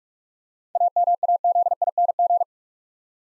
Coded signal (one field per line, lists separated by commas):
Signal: Morse code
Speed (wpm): 46 wpm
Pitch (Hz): 700 Hz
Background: none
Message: AMAZING